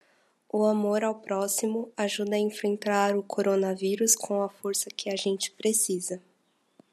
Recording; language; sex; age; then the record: spoken sentence; Brazilian Portuguese; female; 30 to 39 years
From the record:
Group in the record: control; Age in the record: 36 years